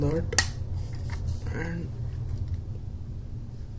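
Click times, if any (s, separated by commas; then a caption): none. A camera lens is handled against the camera body mount, lined up dot-to-dot before being twisted to lock. Someone talks over a steady low hum, with a brief sharp handling tap near 0.4 s. Nothing has seated or clicked yet; the lens is not locked.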